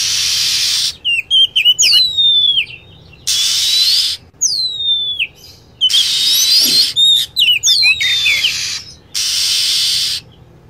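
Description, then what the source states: Lovebird calls: rapid high chirps and long downward-sliding squeals, grouped in bursts between blocks of harsh hissing noise. Lure sound used for attracting lovebirds.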